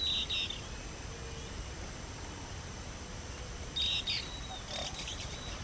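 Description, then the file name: Bird calls: a brief high note at the start and a short cluster of high notes later, with a faint lower whistle between, over steady hiss. "SABIOD 50 bird 2015"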